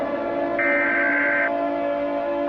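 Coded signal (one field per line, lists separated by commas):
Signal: Emergency Alert System (SAME) tones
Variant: header bursts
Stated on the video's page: Fictional EAS scenario, not a real alert.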